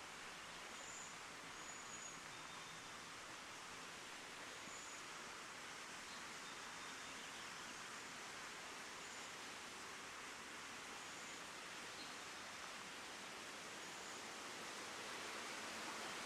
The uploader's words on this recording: Cougar Canyon Creek. At Cougar Canyon in Vancouver, Washington. It features the manifold sounds of water moving through a unique sandstone landscape.